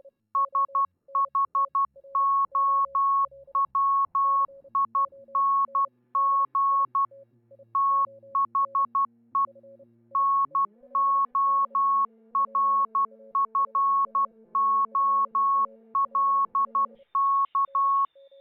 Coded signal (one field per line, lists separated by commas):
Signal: Morse code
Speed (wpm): 12 wpm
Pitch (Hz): 1100 Hz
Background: none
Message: SHOWING THE NORFOLK